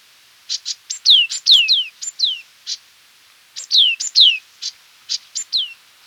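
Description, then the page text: Green-backed tit giving chattering high notes and bright falling whistles in two busy bursts separated by a brief pause, otherwise quiet. "Green-Backed Tit Calls. Quick Sounds"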